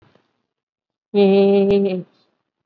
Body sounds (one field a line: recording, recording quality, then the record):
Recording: sustained vowel as in made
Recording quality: excellent, no background noise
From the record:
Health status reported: COVID-19 positive, moderate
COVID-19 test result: positive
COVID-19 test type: RT-PCR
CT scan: taken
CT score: 11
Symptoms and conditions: cough, fever, fatigue, muscle pain, loss of smell and taste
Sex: female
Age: 57 years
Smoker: no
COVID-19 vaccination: one dose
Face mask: worn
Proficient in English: no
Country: India